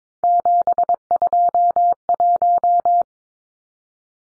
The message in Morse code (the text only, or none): 721